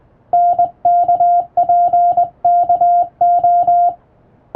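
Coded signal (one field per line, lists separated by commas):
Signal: Morse code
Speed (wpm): 20 wpm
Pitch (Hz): 700 Hz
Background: music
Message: NKPKO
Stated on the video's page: Hand-keyed practice sending of international Morse telegram texts from a telegram practice book by a first-class radiotelegraph operator.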